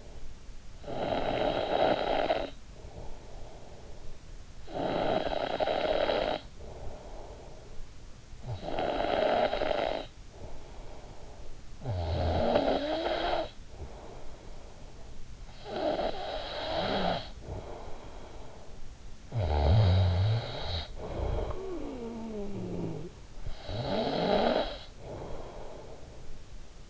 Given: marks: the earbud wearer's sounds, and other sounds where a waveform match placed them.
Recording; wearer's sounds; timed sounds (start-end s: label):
sounds in sleep by an in-ear microphone; snoring breath
0.74-4.08 s: snoring breath
4.45-15.11 s: snoring breath
15.54-26.89 s: snoring breath